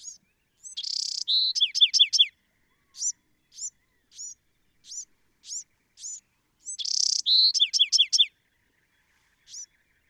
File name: Bewick's Wren